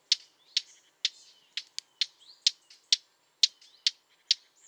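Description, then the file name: Eurasian blackcap tacking: sharp, dry clicks roughly every half second, mixed with faint twittering notes. "Sylvia atricapilla"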